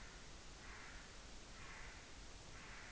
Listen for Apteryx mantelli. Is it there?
yes